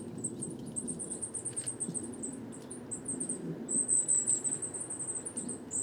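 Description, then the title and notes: Coal tits calling: a near-continuous stream of high, thin, squeaky notes over a constant low background rumble. Flock of over 50 coal tits; 29 September 2019, evening, Les Casses, Drôme, France; recorded in mono with a parabolic microphone; heavy handling noise. "Ronde de mésange noire. 29 septembre 2019-Les Casses - Drôme"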